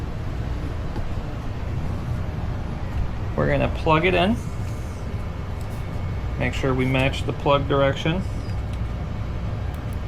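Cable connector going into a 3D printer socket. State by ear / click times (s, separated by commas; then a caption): not seated / none. A cable connector is turned to match the plug direction before being pushed into its socket on a 3D printer. Someone talks over a steady low background rumble. The connector has not seated or clicked yet.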